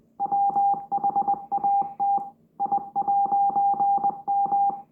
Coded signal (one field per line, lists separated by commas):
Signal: Morse code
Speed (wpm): 20 wpm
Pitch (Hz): 800 Hz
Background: none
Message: WHAT I'M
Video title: Mysterious Morse Code recieved from space?! 🤯